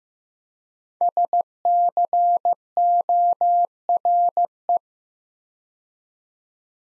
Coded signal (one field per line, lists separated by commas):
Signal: Morse code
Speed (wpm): 15 wpm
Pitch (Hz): 700 Hz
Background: none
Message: SCORE